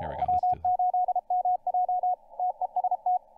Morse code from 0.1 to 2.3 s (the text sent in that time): W8MJ